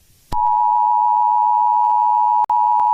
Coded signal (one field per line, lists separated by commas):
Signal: Emergency Alert System (SAME) tones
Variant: 853 and 960 Hz attention tone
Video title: Indominus rex escape (EAS SCENARIO Jurrasic World 2015)